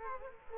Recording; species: mosquito wingbeat signal from an infrared sensor; Culex quinquefasciatus